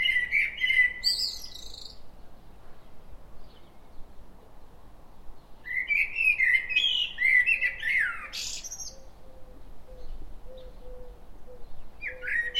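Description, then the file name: Common blackbird singing two phrases and the start of a third, each a low fluted warble that breaks into a high, squeaky twitter, with a faint steady series of soft low notes repeating underneath. "Turdus merula"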